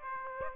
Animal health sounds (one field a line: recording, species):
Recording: mosquito wingbeat signal from an infrared sensor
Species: Aedes aegypti